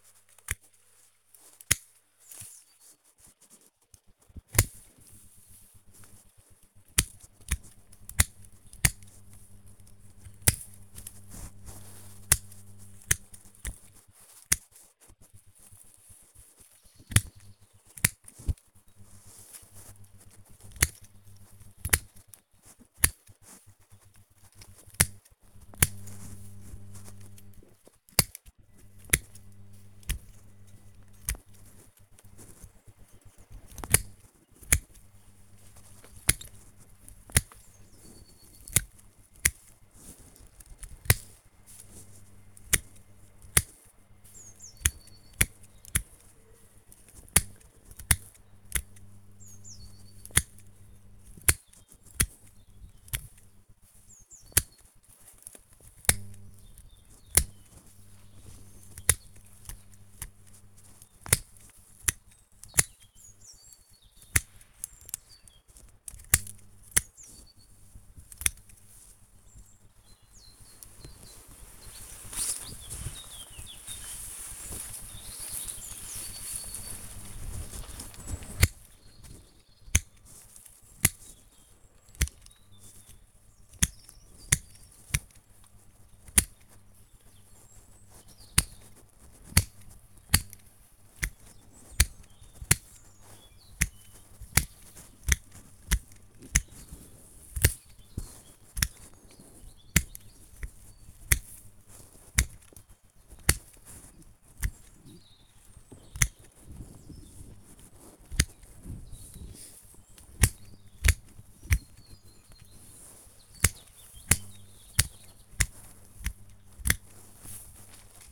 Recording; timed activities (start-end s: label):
household activities, microphone on the right wrist
0.00-118.32 s: cutting wood